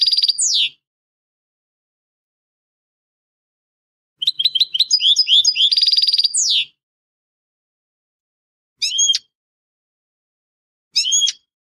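Finch song: a descending buzzy note, a fast chirping trill phrase, then two short separate high calls spaced about two seconds apart.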